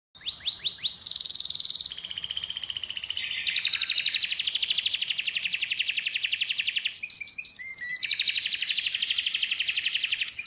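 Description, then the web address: Canary song: a few quick descending notes lead into sustained rapid trills and rolling tours, switching between rattling and whistled sections at high pitch. "Golchin Best Canari Seda Canari. Niyaz Music)"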